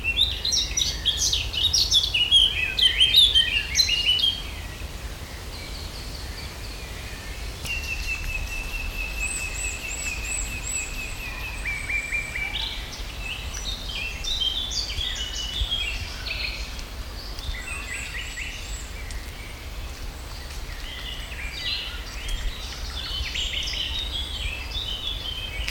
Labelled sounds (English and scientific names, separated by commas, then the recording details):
Eurasian Blackcap (Sylvia atricapilla)
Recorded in the wild
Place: Schloßpark Niederschönhausen, Berlin, DE
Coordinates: 52.58, 13.4
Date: 1996-05-26 17:05
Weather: wechselnd wolkig, 17°C
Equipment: Sony MD-WM MZ-R3, Sennheiser MKH 416 T, Kopie Uher 4000 Report Monitor
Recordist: Tembrock, Günter
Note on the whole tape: Gesang